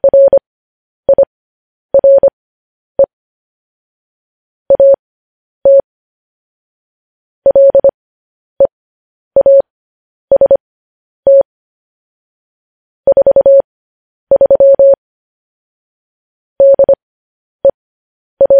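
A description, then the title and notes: Morse code beeps in a clean, steady mid-pitched tone, short dots and longer dashes grouped into letters, separated by complete silence. Morse code.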